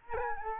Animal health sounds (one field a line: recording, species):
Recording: mosquito wingbeat signal from an infrared sensor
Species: Aedes albopictus